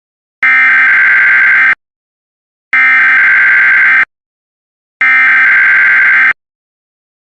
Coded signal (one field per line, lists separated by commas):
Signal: Emergency Alert System (SAME) tones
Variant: header bursts